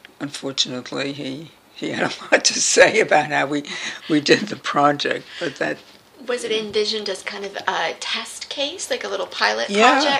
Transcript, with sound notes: Unfortunately, he had a lot to say about how we did the project, [laughs] but that—
Was it envisioned as kind of a test case, like a little pilot project—
Yes.